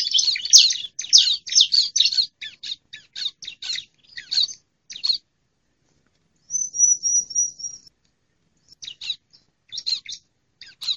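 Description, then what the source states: Bar-winged prinia giving a run of harsh, scratchy chattering notes, then a single high looping trill, followed by more sparse rasping notes. Female.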